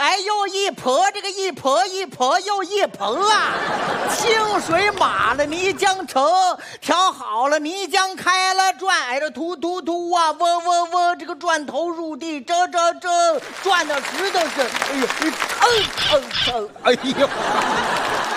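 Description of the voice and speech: An adult male performer in a comic crosstalk routine imitates a son with a 'big tongue' who cannot produce the erhua (rhotacized) sound. He recites a clapper-talk passage with lisp-like substitutions and no rhotacized er, giving distorted words such as 泥浆城 for 泥浆池 and 转头 for 钻头, ending with cries of pain.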